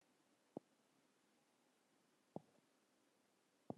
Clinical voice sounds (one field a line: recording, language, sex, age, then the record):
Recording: spoken sentence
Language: Brazilian Portuguese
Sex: female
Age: 60 to 69 years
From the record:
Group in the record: control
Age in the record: 69 years